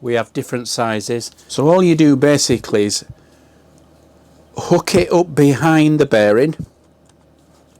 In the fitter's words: it clicks into place and then just tighten that up